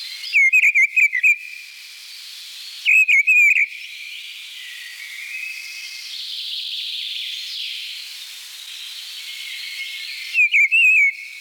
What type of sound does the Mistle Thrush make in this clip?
song